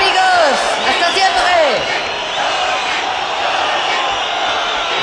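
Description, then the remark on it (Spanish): A concert crowd in the sports pavilion in Mérida applauds steadily at the end of a concert as the performer leaves for his dressing room, a dense wash of clapping with cheers and a few whistles that glide downward in pitch during the first two seconds. “se retira a su camerino entre el aplauso del público”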